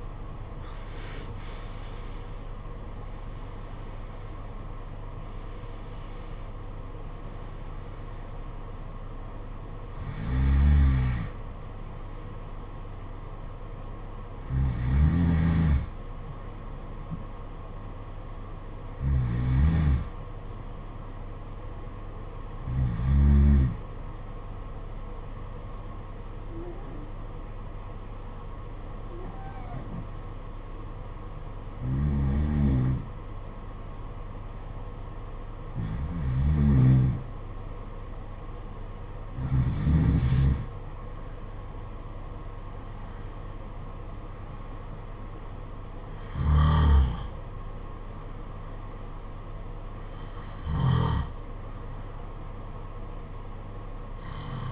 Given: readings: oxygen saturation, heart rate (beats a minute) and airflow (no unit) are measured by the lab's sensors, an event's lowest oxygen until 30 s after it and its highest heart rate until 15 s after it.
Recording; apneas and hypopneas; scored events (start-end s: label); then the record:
breathing in sleep by a smartphone at the bedside; 1
26.00-38.70 s: hypopnea (N1, oxygen 97% highest, then 93% lowest, heart rate 52 at the start, 57 highest)
From the record:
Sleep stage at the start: N1 (lightest sleep); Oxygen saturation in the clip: 76 to 97%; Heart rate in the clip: 51 to 96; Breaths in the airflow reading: 14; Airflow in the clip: -12.5 to 15.9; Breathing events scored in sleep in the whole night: 476 in 9.7 hours asleep